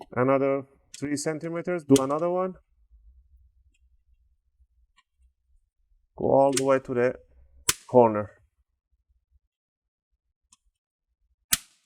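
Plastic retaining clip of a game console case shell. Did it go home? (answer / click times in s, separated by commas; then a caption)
released / 10.5 s, 11.5 s. Someone talks while an opening tool is pushed into the seam of a plastic Xbox One console case shell to pop its internal retaining clips loose one after another. Two sharp clicks sound at 10.5 s and 11.5 s as the clips pop open and release.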